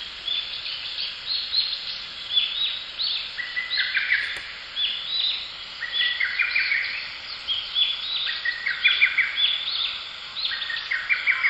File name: ホトトギス